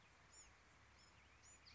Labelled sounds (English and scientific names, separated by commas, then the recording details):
Bewick's Wren (Thryomanes bewickii)
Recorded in Sonoma County, California